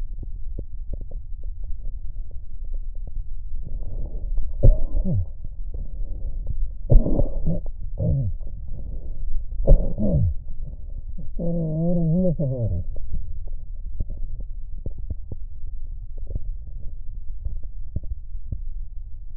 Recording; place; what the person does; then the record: lung sounds by stethoscope; left posterior basal chest; quiet breathing, then cough and speech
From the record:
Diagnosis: COPD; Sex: male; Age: 77 years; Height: 172 cm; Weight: 85.2 kg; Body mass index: 28.8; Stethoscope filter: extended mode